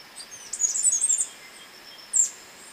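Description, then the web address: Mountain wren giving a brief, very high, tumbling trill of thin notes, then a single sharp, high chip a second later. Ecuador. "Natures Songs S America Birds of Ecuador Mountain Wren"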